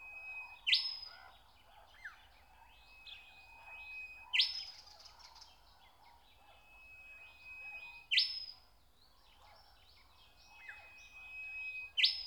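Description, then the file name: Nightingale song: a long steady whistle breaking into a loud upward-sweeping burst, repeated about every four seconds, with softer chirps between phrases. "Nature Sounds - Song of the nightingale (Zvyki com)"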